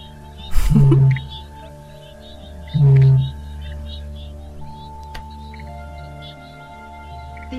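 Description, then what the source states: Australasian bittern booming: two deep, hollow low booms about two seconds apart, with faint higher bird chirps and a steady hum behind. Booming call given by males during the breeding season; call linked to legends of the mythical bunyip; endangered Australian water bird.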